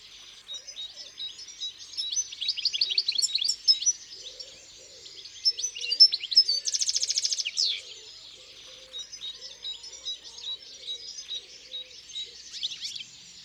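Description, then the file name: European goldfinch song: bursts of fast twittering separated by a loud buzzy trill, then softer chirps in scattered phrases, with faint low sounds beneath. Singing in the countryside. "Chardonneret elegant Chants doiseaux dans la campagne"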